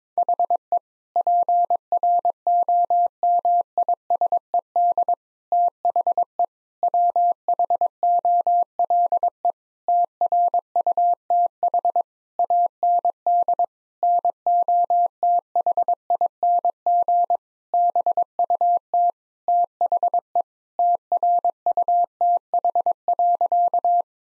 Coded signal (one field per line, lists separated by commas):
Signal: Morse code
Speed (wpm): 22 wpm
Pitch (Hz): 700 Hz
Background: none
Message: HE PROMISED THE WHOLE TRUTH AND NOTHING BUT THE TRUTH.